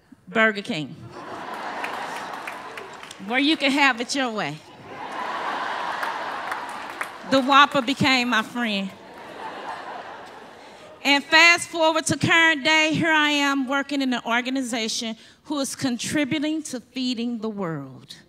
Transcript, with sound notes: Burger King, where you can have it your way. [laughter] The Whopper became my friend. And fast forward to current day here I am working in an organization who is contributing to feeding the world.